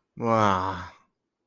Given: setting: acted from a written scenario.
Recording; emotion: vocal sound without words; contempt